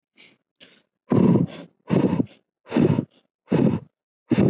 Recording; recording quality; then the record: shallow breathing; excellent, no background noise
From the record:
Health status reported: COVID-19 positive, mild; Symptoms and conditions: none ticked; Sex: male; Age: 23 years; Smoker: not ticked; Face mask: not worn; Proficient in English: yes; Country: India